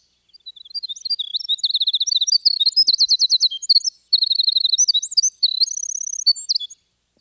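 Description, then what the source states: Winter wren song, a fast, continuous cascade of high, thin tinkling notes, trills and quick pulsed runs, unbroken for about six seconds. Song; described as extraordinarily long and complex, of very high tinkling notes and trills.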